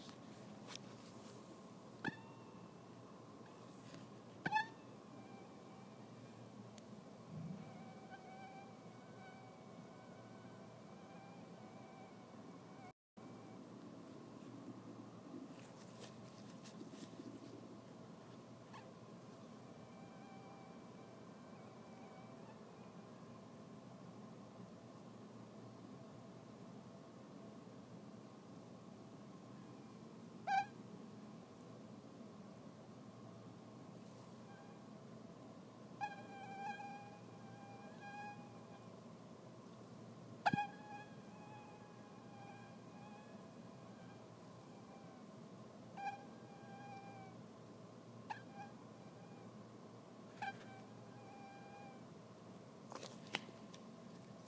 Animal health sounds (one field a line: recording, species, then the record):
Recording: mosquito flight sound by mobile phone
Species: Anopheles minimus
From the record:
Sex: male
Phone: iPhone 6